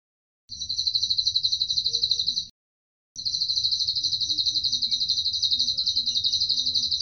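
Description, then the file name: Atlantic canary song of quick high trills, a brief silent break, then a long sustained rolling trill at constant pitch. Cililin-style canary song used as a fill (isian) recording for training other songbirds. "suara kenari isian cililin omkicau"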